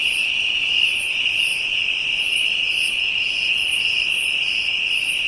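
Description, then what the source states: Insects in a dense chorus, a steady high-pitched continuous drone with fainter pulsing buzzes above it, with no other sounds. Insects in Africa, ambient soundscape.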